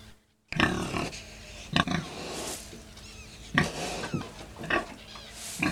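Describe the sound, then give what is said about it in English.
A pig grunts and snorts in a series of rough, throaty bursts, some short and some drawn out, with irregular pauses between them and no talking. “Number two was a pig.”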